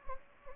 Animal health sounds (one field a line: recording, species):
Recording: mosquito wingbeat signal from an infrared sensor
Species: Anopheles gambiae